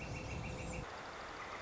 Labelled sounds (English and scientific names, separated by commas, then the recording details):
Northern Flicker (Colaptes auratus)
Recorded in Sonoma County, California